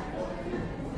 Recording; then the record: background sound without coughing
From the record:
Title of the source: 60 minutes of coffee shop sounds for study and concentration